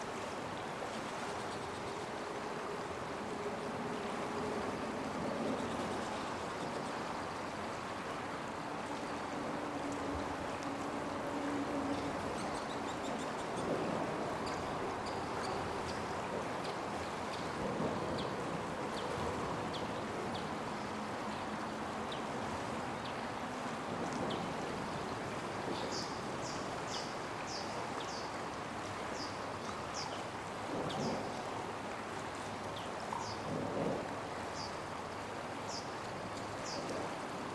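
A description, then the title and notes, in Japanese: A river rushes steadily beneath a road, its echoing wash joined by low rumbles of passing cars overhead and bright clicking chirps late on. 東名高速道路の下の川の音。頭上を走る車の振動音、コンクリートの壁に反響する川の音。The vibrations of a car passing overhead, the sound of a river running over a wall.The sounds of a river flowing through the city。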